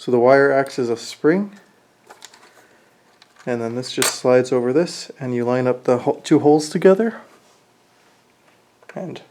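A plastic part of a 3D-printed sock knitting machine is slid over its mount and the two holes are lined up, ready for the wire spring pin to be pushed in. Someone talks, with only quiet handling taps and rustles between phrases. Nothing has seated or clicked yet.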